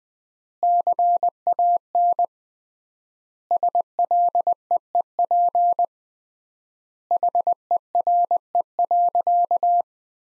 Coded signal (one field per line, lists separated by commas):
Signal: Morse code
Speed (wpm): 20 wpm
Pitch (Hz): 700 Hz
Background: none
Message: CAN SLEEP HERE.